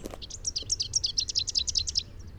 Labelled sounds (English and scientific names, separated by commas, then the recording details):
Rufous-capped Warbler (Basileuterus rufifrons) song
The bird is a female
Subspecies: rufifrons
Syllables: 17
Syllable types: 6
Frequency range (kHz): 2.7-7.8 kHz
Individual MO-R10-F